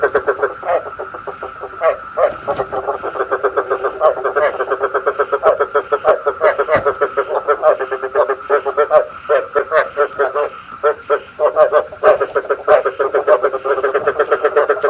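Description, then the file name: Dense frog chorus of overlapping pulsed croaks, an almost unbroken rattling chatter throughout. Male frogs calling, used to stimulate frogs to pair for breeding. "tieng ech duc keu kich thich ech ghep cap sinh san"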